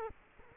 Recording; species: mosquito wingbeat signal from an infrared sensor; Culex quinquefasciatus